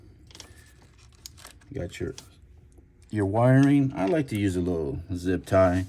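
After the plug on the cam magnetic sensor of a 2008 Mercedes-Benz CLK350 is seated, its plastic secondary safety lock is pushed closed, and a sharp click sounds at 1.3 s, with softer handling ticks around it. The safety lock snaps shut, and then someone talks.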